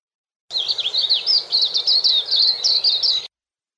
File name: suara-kicauan-burung-kacamata-perak -omkicau